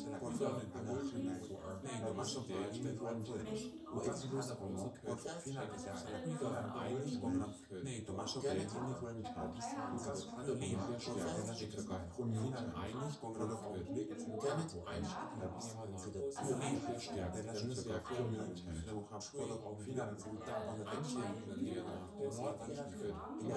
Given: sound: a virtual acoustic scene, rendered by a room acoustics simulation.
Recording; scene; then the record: noise of the scene; living room, symmetric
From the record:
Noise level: 70 dB SPL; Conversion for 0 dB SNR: 6.9 dB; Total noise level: 76.9 dB SPL